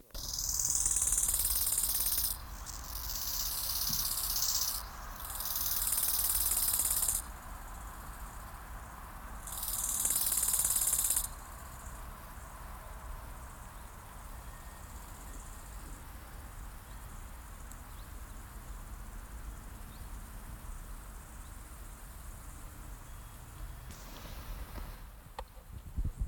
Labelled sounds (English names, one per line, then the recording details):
Bow-winged Grasshopper stridulation
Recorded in the wild
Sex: male
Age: imago
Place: Tüchersfeld, Fränkische Schweiz, Bayern, DE
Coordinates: 49.72, 11.07
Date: 1995-09-05 12:07
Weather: wechselnd, sonnig, 15,2°C
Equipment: Nagra SN, Sennheiser ME 80, Kopie Uher 4000 Report Monitor
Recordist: Tembrock, Günter